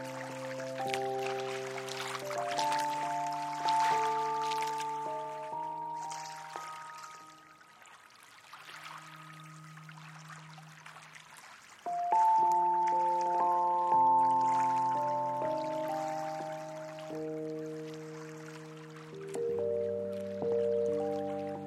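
Piano and strings layered over hushed synth drones, with soft watery lapping and dripping textures scattered throughout. The notes hold and overlap in slow chords, thinning to a low drone around the middle before a fuller swell returns near twelve seconds.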